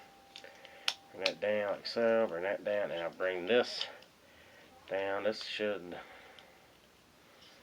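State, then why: Not seated. A plastic limb panel is folded down into the body of a transforming plastic action figure while someone talks, with a few small sharp ticks of handling near the start. Nothing has seated or clicked yet, and the part is not yet home when the clip ends.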